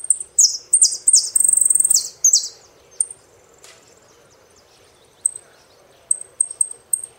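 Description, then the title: Saffron finch song: quick downslurred notes and a brief rapid trill, then isolated high chip notes spaced irregularly. "Jilguero Argentino"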